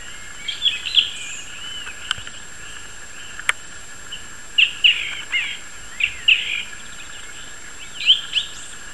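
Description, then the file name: Song thrush giving brief, separated whistled and scratchy phrases with pauses between them, plus a couple of sharp clicks over a constant faint hum. "singdrossel audioton"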